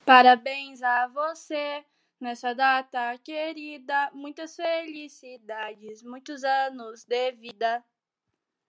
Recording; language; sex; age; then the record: short text; Brazilian Portuguese; female; 18 to 19 years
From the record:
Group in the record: control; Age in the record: 18 years